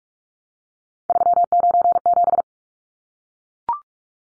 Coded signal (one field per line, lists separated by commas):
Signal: Morse code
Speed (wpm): 44 wpm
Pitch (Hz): 700 Hz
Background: none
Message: 397